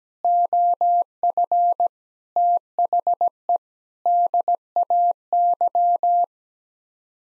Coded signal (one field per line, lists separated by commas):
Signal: Morse code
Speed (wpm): 17 wpm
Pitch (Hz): 700 Hz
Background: none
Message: OF THE DAY